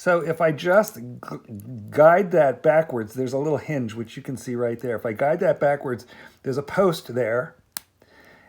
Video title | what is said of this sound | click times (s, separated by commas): Adjusting Rolex oyster bracelet, removing Rolex links, using Rolex clasp micro adjustments & EZ link | and hopefully you just heard it snap in | 7.8 s